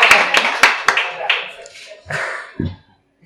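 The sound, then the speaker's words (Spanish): A short burst of hand clapping, applause for the activist María Marín, several sharp claps in quick succession that fade into a murmur of voices and brief noise before stopping. “Pues un aplauso para María Marín.”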